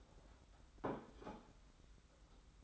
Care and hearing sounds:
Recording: daily activity, microphone in the room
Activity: place plate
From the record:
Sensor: 3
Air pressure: 991.7 hPa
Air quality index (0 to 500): 180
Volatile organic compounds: 1000 ppm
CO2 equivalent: 6007 ppm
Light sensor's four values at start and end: 35/102/41/36 and 32/95/39/34

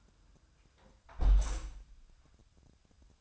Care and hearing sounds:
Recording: daily activity, microphone in the room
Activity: close window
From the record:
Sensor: 2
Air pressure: 1004.5 hPa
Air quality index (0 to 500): 94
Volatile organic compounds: 2 ppm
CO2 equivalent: 1129 ppm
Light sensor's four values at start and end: 6/14/6/6 and 6/14/5/6

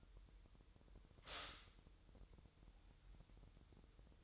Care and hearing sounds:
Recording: daily activity, microphone in the room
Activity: stop toaster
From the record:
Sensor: 3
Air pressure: 988.6 hPa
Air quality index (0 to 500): 197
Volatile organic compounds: 327 ppm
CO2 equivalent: 4538 ppm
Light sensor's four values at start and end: 23/72/30/26 and 23/72/30/26

